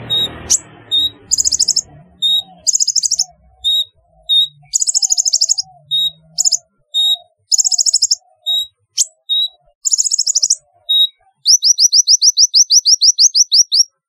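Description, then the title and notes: Sunbird singing in rapid, very high trilled bursts interleaved with short single notes, steady rhythm, closing with a fast string of upswept notes; brief rustle at the start. "Kicau Burung Kolibri"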